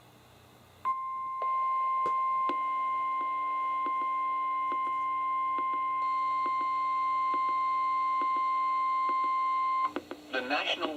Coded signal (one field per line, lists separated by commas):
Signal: Emergency Alert System (SAME) tones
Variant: 1050 Hz attention tone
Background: speech